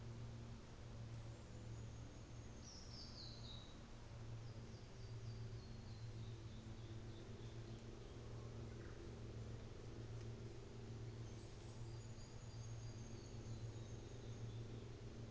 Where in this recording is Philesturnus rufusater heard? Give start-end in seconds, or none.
none